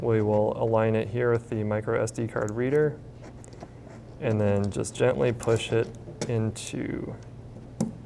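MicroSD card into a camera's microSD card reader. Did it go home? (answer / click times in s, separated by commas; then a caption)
yes / 7.8 s. A microSD card is aligned with and gently pushed into the microSD card reader of a RED DSMC2 camera during a cable-less upgrade. Someone talks with a few faint taps in between. A single sharp click at 7.8 s marks the card snapping into place.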